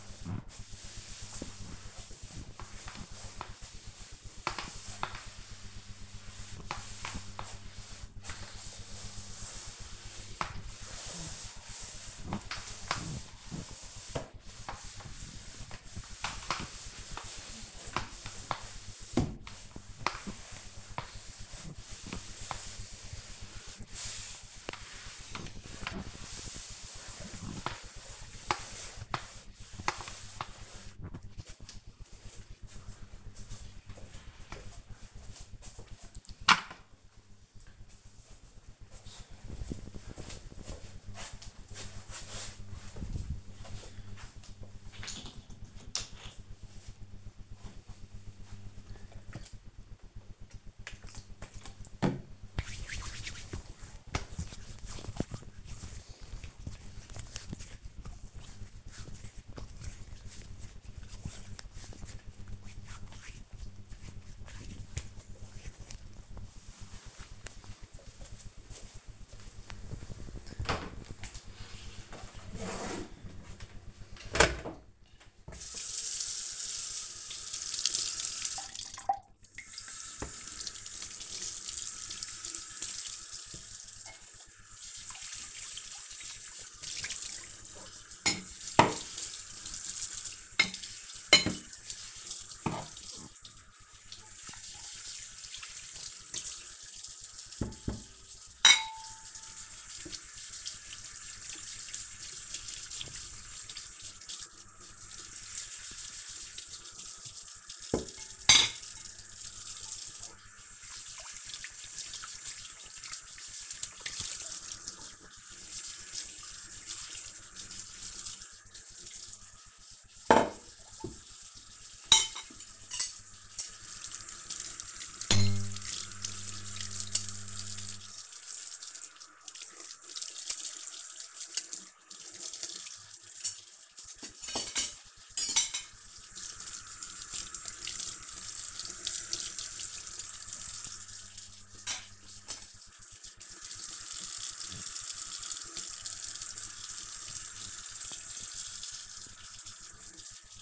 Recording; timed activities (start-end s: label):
household activities, microphone on the right wrist
0.00-33.11 s: floor cleaning
49.23-64.31 s: disinfecting hands
74.38-150.62 s: washing dishes